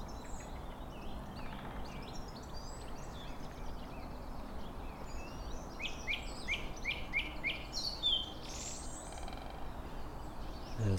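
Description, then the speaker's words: Song thrush song: a series of clear, sharp repeated notes and varied whistled phrases over constant low background noise. Singing along a canal in early spring, in sunshine under a cloudless blue sky. "Okay, let's have a bit of song thrush serenade."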